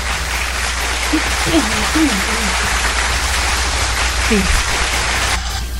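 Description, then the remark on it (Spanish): A canned applause sound effect: dense, steady clapping with a few faint voices cheering underneath. It holds at an even level for about five seconds, then stops abruptly. “Ay, ¿dónde están mis aplausos? Aquí están.”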